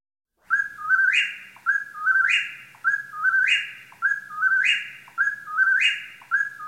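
Chuck-will's-widow song: a whistled phrase with a rising, emphatic middle, repeated steadily about every 1.2 seconds.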